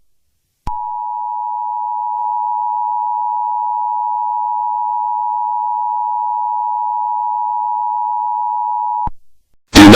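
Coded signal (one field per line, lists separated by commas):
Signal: Emergency Alert System (SAME) tones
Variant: 853 and 960 Hz attention tone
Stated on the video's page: Fictional EAS scenario, a work in progress.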